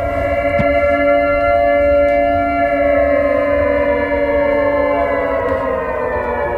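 A civil defense siren mounted on a building wails its single alarm signal, used for air-raid, chemical and nuclear alarms, in a loud, sustained tone, its layered harmonics slowly sliding downward in pitch over several seconds, with a low rumbling hum underneath and no voices.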